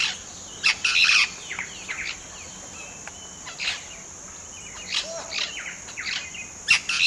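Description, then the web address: Short-tailed Parrot giving scattered harsh, grating single and double notes at irregular intervals over a constant high-pitched insect drone. Eastern lowlands of South America. "Natures Songs S America Eastern Lowlands 117 Short-tailed Parrot"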